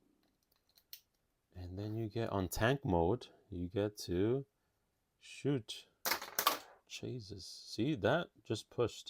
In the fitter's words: which you put on the top there. You hear the click.